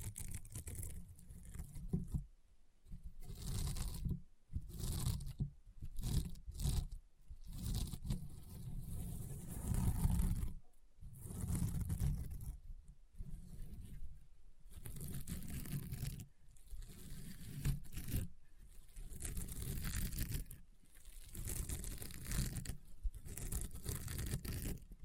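Rainbow honeycomb slime is squeezed in uneven bursts of crunchy, crackling pops and rough tearing scrapes, broken by brief silent gaps throughout.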